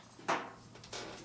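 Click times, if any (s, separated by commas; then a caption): none. A plastic cap is pushed onto a felt-tip marker, giving a soft broadband scuff at about 0.3 s, a faint tick near 0.8 s, and a second scraping rustle from about 0.9 s. The cap has not clicked shut; it fails to seat.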